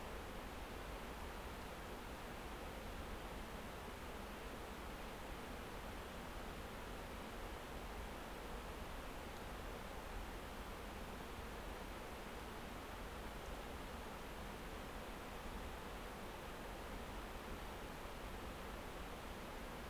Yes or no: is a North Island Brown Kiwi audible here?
no